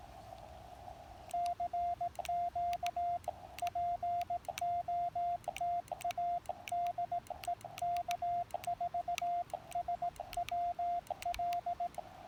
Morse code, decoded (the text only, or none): CQ POTA DE K4SWL